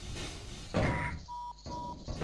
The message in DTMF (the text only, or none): none